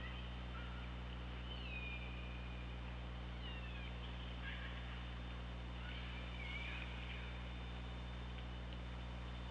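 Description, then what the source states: Orca calls: faint gliding whistles and a buzzy pulsed burst among steady hydrophone hiss and low hum. Underwater hydrophone recording from OrcaLab, 24 August 2017, around 15:17.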